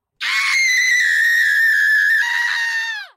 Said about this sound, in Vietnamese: Nữ quỷ kia hét lên một tiếng chói tai, sau đó tan đi như một lớp sương mù.